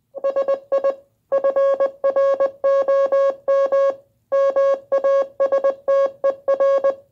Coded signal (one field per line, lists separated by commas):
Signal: Morse code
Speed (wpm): 20 wpm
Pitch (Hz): 550 Hz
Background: music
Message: SI FROM MASTER